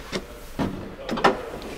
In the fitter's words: down once the bench forward and it locks into place by itself this position then